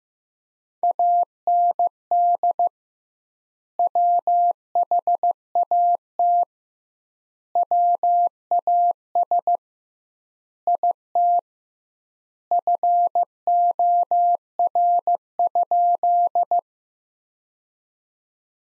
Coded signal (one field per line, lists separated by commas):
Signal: Morse code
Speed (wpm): 16 wpm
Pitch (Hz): 700 Hz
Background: none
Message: AND WHAT WAS IT FOR?